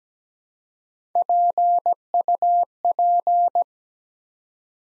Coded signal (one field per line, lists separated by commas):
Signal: Morse code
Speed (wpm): 17 wpm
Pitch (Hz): 700 Hz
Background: none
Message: PUP